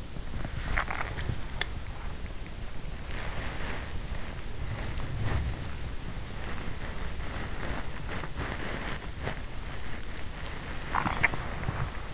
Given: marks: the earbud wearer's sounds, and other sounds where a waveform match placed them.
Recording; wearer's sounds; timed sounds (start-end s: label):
sounds in sleep by an in-ear microphone; body movement, swallowing
0.23-2.01 s: body movement
3.00-12.14 s: body movement
10.87-11.39 s: swallowing